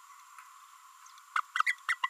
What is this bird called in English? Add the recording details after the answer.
Green-rumped Parrotlet. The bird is a female. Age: 30 days. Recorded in a nest box in Venezuela. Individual 17B32A5